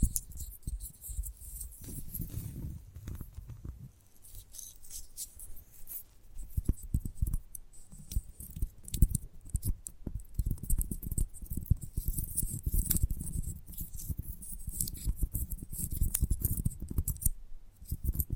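Gentle tapping in dense, irregular clusters of soft thuds and crisp ticks, with a brief quieter lull near four seconds.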